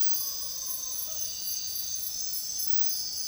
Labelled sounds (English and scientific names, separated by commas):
none